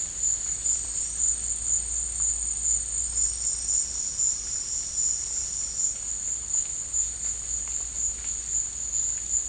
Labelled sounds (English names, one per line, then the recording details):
none
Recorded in dense forest near Puerto Asís, Putumayo, Colombia, on 21 March 2025 at 14:00
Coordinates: 0.485, -76.318
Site G056